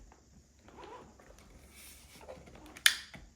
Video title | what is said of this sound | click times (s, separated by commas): SHARK turbo blade cooling fan product review. #sharkturboblade #shark #coolingfan #productreview | You heard that? That little click sound is the one that tells you that it's locked in place. | 2.9 s